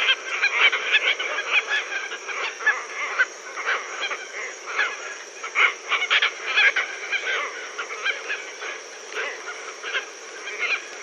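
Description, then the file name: Red-tailed tropicbird chorus, loud rasping honks packed closely at first, thinning to scattered squawks later, over constant hiss. "phaethon rubricauda"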